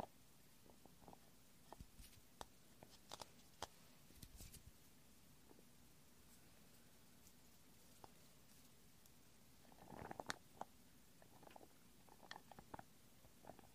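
Gentle clicky, sticky sounds: short sharp clicks and soft wet pops scattered irregularly over a faint steady low hum. The clicks come every second or so in the first half, then a cluster of soft squelchy, soapy pops bunches up around ten seconds.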